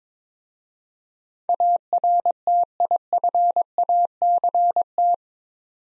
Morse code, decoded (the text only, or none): ARTIFACT